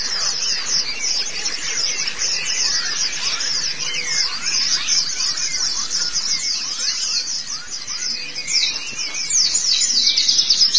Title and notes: Kicauan Burung Pleci Durasi Panjang. Suara kicauan burung pleci